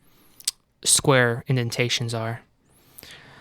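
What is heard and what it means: The front fan filter of a 750D PC case, its two pegs resting on the lower ledges, is pushed at the top where the square indentations are. It snaps into place with a sharp click at 0.5 s, and then someone talks.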